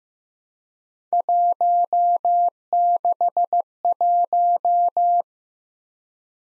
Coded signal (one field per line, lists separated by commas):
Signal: Morse code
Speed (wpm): 15 wpm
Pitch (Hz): 700 Hz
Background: none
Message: 161